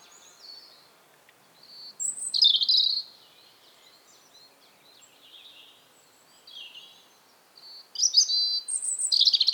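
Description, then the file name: European robin song in short, high, thin bursts with sliding notes, separated by quiet gaps, ending in a louder twittering run. "Erithacus rubecula 240917"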